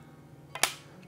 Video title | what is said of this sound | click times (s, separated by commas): How I Mount A Scope - Browning 6.8 Western - Leupold VX-6 | so we'll tighten this until it we hear it click there | 0.6 s